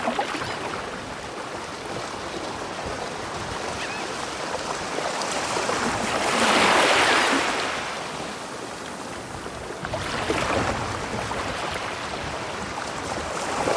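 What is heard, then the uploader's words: Powerful waves wash onto a beach at night in a constant churning roar. One wave swells and crashes loudly around the seventh second, hissing brightly as it spreads, and a smaller surge follows near ten to eleven seconds, with deep rumbling underneath throughout. Powerful Waves at Night On Museddu Beach- Ocean Sound.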